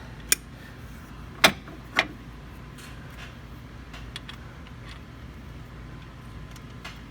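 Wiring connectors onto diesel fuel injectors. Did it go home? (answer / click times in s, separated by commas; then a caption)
yes / 0.3 s, 1.4 s. Two wiring connectors are pushed onto diesel fuel injectors on the other side of a 6.0 Powerstroke engine, with sharp clicks at 0.3 s and 1.5 s as each one seats. A third snap follows at 2.0 s, then fainter ticks near 4.2, 4.3 and 6.9 s over a steady low hum. Both connectors are clicked on and seated.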